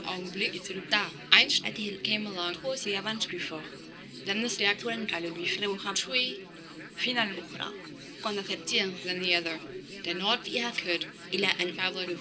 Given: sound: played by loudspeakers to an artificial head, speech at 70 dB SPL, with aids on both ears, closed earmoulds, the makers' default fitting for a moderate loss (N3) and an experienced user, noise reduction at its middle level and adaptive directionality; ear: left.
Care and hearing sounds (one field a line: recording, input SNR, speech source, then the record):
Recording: speech test signal (ISTS) in cocktail-party noise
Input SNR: +3 dB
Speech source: in front (0 degrees)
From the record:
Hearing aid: class 2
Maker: B